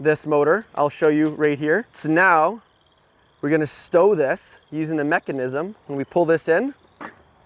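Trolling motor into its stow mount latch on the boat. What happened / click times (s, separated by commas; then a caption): The mount is being handled; no latch has locked yet / none. A trolling motor is being handled to stow it into its stow mount latch on the boat. Someone talks throughout over faint insect-like chirping in the background. Nothing has seated or clicked yet.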